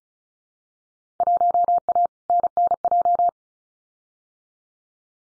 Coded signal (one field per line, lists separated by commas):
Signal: Morse code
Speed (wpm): 36 wpm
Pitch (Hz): 700 Hz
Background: none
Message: 1A NNJ